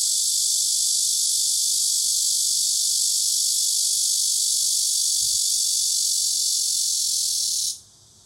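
Cicada sounding a loud, steady high buzz that cuts off abruptly near the end, leaving quiet low background noise.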